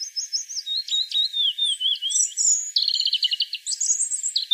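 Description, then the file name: European robin song, unbroken and varied: high thin whistles, falling slurs and buzzy rattling trills follow one another in quick, irregular phrases. "Erithacus rubecula"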